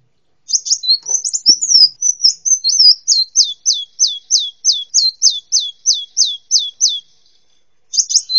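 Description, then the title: Hummingbird calls: high, thin chips repeated rapidly about three per second, starting as a jumbled twitter and settling into an even, slightly downslurred series, then a brief pause and a resumed burst. "kolibri"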